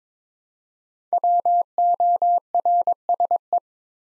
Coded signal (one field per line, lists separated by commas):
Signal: Morse code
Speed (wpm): 22 wpm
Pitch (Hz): 700 Hz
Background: none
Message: WORSE